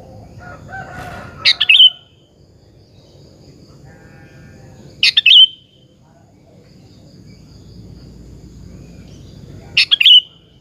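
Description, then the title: Sooty-headed bulbul singing three short, sweeping bubbly phrases spaced several seconds apart, with low background noise. "Kutilang"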